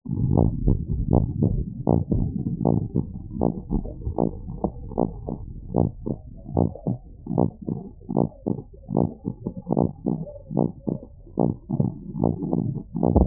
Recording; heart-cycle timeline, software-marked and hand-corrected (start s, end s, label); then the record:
heart sounds
0.00	0.20	diastole
0.20	0.38	S1
0.38	0.62	systole
0.62	0.78	S2
0.78	1.12	diastole
1.12	1.28	S1
1.28	1.40	systole
1.40	1.54	S2
1.54	1.88	diastole
1.88	2.02	S1
2.02	2.12	systole
2.12	2.28	S2
2.28	2.66	diastole
2.66	2.78	S1
2.78	2.96	systole
2.96	3.06	S2
3.06	3.40	diastole
3.40	3.54	S1
3.54	3.72	systole
3.72	3.82	S2
3.82	4.20	diastole
4.20	4.32	S1
4.32	4.50	systole
4.50	4.58	S2
4.58	5.00	diastole
5.00	5.10	S1
5.10	5.26	systole
5.26	5.36	S2
5.36	5.76	diastole
5.76	5.90	S1
5.90	6.08	systole
6.08	6.16	S2
6.16	6.56	diastole
6.56	6.70	S1
6.70	6.88	systole
6.88	6.98	S2
6.98	7.36	diastole
7.36	7.50	S1
7.50	7.70	systole
7.70	7.78	S2
7.78	8.16	diastole
8.16	8.28	S1
8.28	8.48	systole
8.48	8.58	S2
8.58	8.96	diastole
8.96	9.08	S1
9.08	9.26	systole
9.26	9.34	S2
9.34	9.76	diastole
9.76	9.90	S1
9.90	10.08	systole
10.08	10.18	S2
10.18	10.56	diastole
10.56	10.70	S1
10.70	10.88	systole
10.88	10.98	S2
10.98	11.40	diastole
11.40	11.54	S1
11.54	11.78	systole
11.78	11.92	S2
11.92	12.36	diastole
12.36	12.48	S1
12.48	12.66	systole
12.66	12.78	S2
12.78	13.14	diastole
13.14	13.27	S1
From the record:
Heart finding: normal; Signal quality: good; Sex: male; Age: 50 years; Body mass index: 26.9